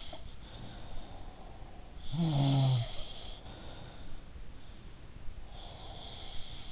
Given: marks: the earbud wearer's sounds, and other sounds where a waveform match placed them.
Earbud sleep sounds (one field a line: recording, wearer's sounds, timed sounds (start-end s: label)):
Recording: sounds in sleep by an in-ear microphone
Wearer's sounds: breath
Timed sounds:
0.00-1.37 s: sound from someone else or the room
0.49-3.39 s: breath
1.98-4.26 s: sound from someone else or the room
5.47-6.72 s: sound from someone else or the room